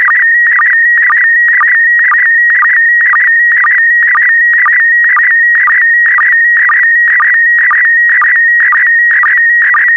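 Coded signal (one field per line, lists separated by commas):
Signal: SSTV (slow-scan television)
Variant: PD120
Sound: steady warbling high tone with a short low blip about twice a second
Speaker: the next image transmission will start in 10 seconds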